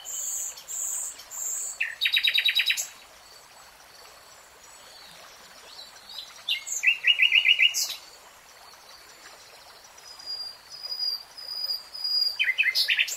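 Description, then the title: Nightingale song in separate bursts: high phrases broken by pauses, with a rapid trill in the middle and more chattering phrases near the end. Three-hour real-time recording. "[Tiếng chim hót] Nightingale Singing"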